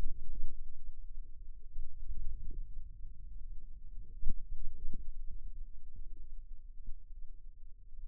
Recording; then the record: forearm muscle sounds (acoustic myography)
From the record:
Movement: hand opening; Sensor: system 2, bracelet of six BSWA MPA416 microphones around the upper forearm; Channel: 1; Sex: female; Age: 22 years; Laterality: right